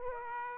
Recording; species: mosquito wingbeat signal from an infrared sensor; Aedes aegypti